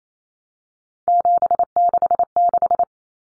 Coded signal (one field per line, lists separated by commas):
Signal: Morse code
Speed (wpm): 28 wpm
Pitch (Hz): 700 Hz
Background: none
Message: 766